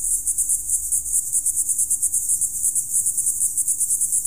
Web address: suono di una serata estiva insetti forte tuono